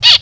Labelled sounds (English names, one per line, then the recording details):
Zebra Finch distance call
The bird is a male
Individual mal1